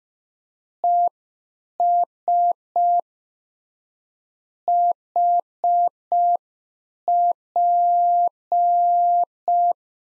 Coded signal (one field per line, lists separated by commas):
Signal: Morse code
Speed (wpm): 5 wpm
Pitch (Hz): 700 Hz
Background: none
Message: ES HP